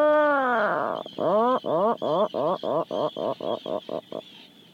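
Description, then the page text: Atlantic Puffin calling with a long moaning note, then a series of short groaning notes that grow shorter and fade away. "Puffin Bills Glow. BirdNote. Chirp Nature Center"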